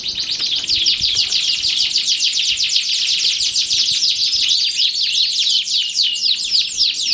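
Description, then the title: Canary song as a continuous rapid warble of very fast repeated high notes, dense and energetic. Belgian canary; warm-up song used to stimulate singing. "Canto Para Esquentar Canário Belga. SUARA BURUNG : Kenari"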